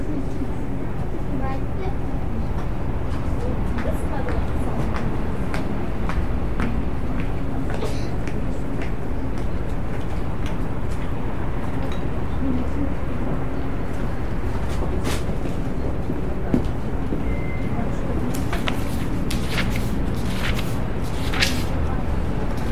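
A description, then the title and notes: Steady indoor bookstore ambience with a low, constant hum underneath and indistinct murmured voices throughout. Frequent light clicks, taps and rustles come and go, with a busier cluster of sharper handling sounds near the end. Cozy Bookstore Ambience.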